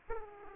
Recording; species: mosquito wingbeat signal from an infrared sensor; Aedes aegypti